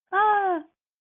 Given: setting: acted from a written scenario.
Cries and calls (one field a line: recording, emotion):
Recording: vocal sound without words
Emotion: fear